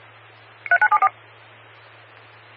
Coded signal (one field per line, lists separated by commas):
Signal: DTMF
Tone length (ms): 70 ms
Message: 3974